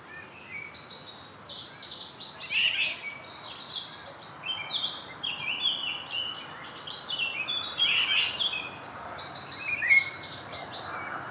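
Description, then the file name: Eurasian wren song, almost continuous: fast, shrill notes and buzzy trills tumbling one after another, with a short dip midway. "Troglodytes troglodytes"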